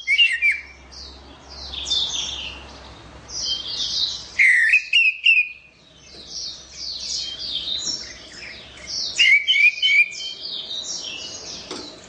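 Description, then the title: Orange-headed thrush song: dense high twittering and scratchy notes, punctuated by loud strings of whistled slurs near four and nine seconds. "Anis Merah"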